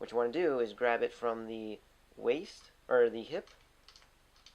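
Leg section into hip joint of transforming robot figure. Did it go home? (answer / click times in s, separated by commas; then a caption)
yes / 3.9 s, 4.5 s. Someone talks while the plastic leg section of a transforming robot figure is pulled all the way down into its hip joint. Faint clicks are heard at 3.9 s and 4.5 s as the joint clicks into its extended position.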